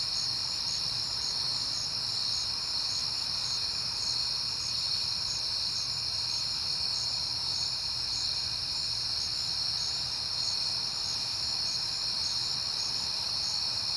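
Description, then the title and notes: Crickets chirping continuously, with quick regular pulsed chirps repeating throughout over a shrill steady trill and a faint low hum. Recorded on a peaceful night in September. "Night Time: Crickets and Passing Cars. It is September and I have been hearing the crickets a lot, but finally had a peaceful night to make the recording"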